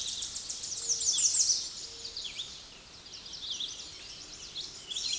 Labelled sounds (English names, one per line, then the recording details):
American Redstart song
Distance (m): 20 m
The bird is about 5 m above the microphone
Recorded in a Pennsylvania forest on 16 May 2024 at 06:56
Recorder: AudioMoth, point MSD-2027
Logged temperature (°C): 15.6 °C
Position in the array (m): 120 m, 228 m